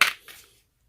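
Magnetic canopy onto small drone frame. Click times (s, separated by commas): 0.0 s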